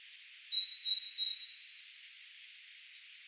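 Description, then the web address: Great tit song, a thin, high, even run of two-tone notes for about a second, then quiet with a faint squeak near the end. "SETE data Parus major"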